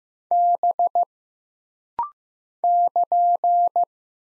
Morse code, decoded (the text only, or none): B <KN>